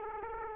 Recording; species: mosquito wingbeat signal from an infrared sensor; Aedes aegypti